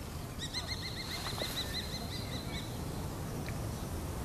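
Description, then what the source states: Common kestrel giving a rapid series of high, sharp repeated notes for about two seconds over low background noise. Flying past at sunset in a city near a basilica, Limburg.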